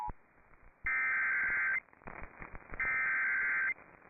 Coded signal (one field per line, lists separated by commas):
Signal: Emergency Alert System (SAME) tones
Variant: header bursts